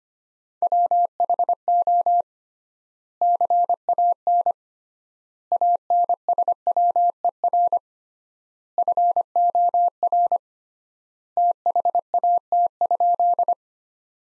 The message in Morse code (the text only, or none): WHO CAN ANSWER FOR THAT?